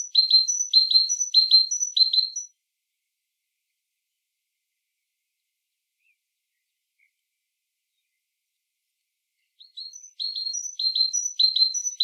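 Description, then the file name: Great tit singing in two bright bursts of rapidly repeated high notes, a doubled lower note then a thin higher one, separated by about seven seconds of silence. "Parus major"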